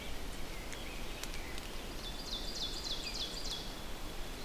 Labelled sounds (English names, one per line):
Ovenbird song